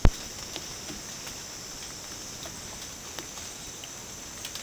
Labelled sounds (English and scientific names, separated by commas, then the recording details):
none
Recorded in dense forest near Puerto Asís, Putumayo, Colombia, on 12 March 2025 at 09:30
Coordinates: 0.486, -76.317
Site G053